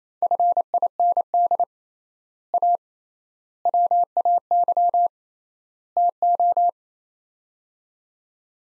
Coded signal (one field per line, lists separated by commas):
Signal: Morse code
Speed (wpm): 28 wpm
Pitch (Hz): 700 Hz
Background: none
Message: FIND A WAY TO